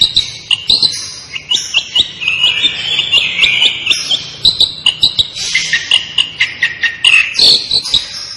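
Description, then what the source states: Long-tailed shrike giving a dense, scratchy chatter of mixed high notes and warbles that runs almost continuously, with only brief breaks. Indonesian local name cendet; described as gacor, singing vigorously and continuously.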